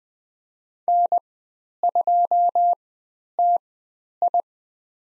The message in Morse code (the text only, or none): N2TI